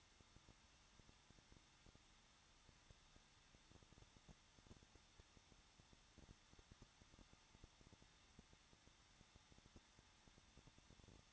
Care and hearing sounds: daily activity, microphone in the room; no activity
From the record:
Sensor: 3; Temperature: 21.2 degrees Celsius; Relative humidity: 36.4%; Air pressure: 1006.4 hPa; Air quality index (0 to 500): 222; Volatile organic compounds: 43 ppm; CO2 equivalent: 3189 ppm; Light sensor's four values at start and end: 2/3/2/2 and 2/3/2/2

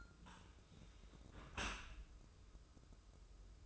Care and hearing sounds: daily activity, microphone in the room; close dishwasher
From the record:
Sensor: 2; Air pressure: 995.7 hPa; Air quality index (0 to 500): 97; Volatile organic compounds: 5 ppm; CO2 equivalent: 1795 ppm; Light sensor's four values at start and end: 25/81/32/31 and 25/81/32/31

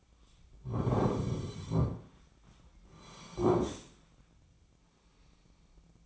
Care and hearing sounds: daily activity, microphone in the room; sit down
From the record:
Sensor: 1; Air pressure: 1009.3 hPa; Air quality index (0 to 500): 177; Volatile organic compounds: 3 ppm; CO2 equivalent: 1496 ppm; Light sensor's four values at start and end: 42/111/46/55 and 45/119/49/59

